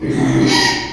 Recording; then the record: squeal of a Yucatan mini pig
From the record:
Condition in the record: after surgery on the right vocal fold (resection and tissue-engineered implant); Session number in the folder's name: 2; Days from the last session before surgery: 13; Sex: male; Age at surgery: 12 weeks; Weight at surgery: 13 kg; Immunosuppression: cyclosporine, prednisolone